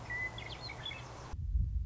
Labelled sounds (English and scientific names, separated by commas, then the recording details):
Western Meadowlark (Sturnella neglecta)
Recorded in Sonoma County, California